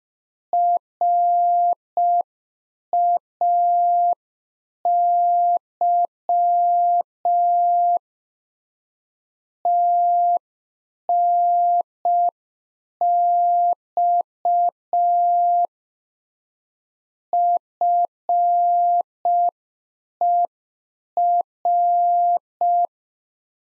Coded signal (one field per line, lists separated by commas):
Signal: Morse code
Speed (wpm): 5 wpm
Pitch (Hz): 700 Hz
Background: none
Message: RAY TNX FER